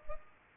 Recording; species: mosquito wingbeat signal from an infrared sensor; Culex pipiens